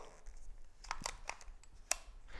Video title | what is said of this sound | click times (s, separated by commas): 초보자를 위한 소니 미러리스 메뉴 설명 01 - 소니 미러리스에 대하여, 외관 (Sony menu Explained with ZV-E10) | 딸깍 하고 소리가 나요 이렇게 되면 렌즈가 고정이 됐다는 얘기 이구요 | 1.9 s